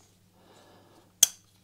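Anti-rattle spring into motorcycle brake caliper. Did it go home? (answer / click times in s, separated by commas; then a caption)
yes / 1.2 s. The metal anti-rattle spring is fed in from the top of a BMW GS motorcycle front brake caliper during a cleaning of the front brakes; the caliper is turned over and the spring is pushed down in a fiddly fit. A low steady hum and faint rustling lead up to one loud, sharp metallic click at 1.2 s that rings briefly. The spring is seated properly on the caliper.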